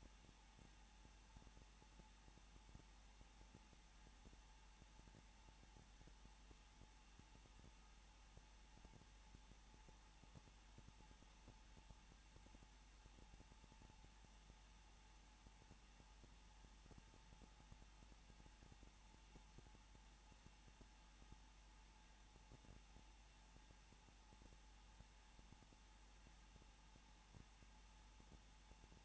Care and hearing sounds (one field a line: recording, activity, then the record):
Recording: daily activity, microphone in the room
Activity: no activity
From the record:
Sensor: 1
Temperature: 20.2 degrees Celsius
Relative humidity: 35.7%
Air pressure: 994.5 hPa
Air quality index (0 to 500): 182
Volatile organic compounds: 7 ppm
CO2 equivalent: 1995 ppm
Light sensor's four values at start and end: 1/2/1/1 and 1/2/1/1